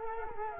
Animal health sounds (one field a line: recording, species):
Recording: mosquito wingbeat signal from an infrared sensor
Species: Culex quinquefasciatus